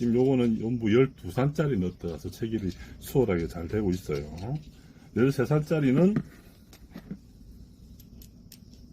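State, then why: Not seated. Someone talks, then a 1/2-inch, 13-threads-per-inch steel bolt is turned into a nut made for the 1/2-inch, 12-thread size, producing several small, quiet metallic ticks between about 6.7 and 8.7 seconds. Because the threads don't match, the bolt starts on and then binds in the nut, so nothing has seated or clicked yet and it cannot be screwed home.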